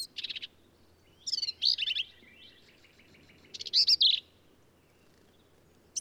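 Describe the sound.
Black-capped vireo song: choppy, harsh high phrases mixing buzzes and sharp notes, repeated in quick bursts with short pauses between them.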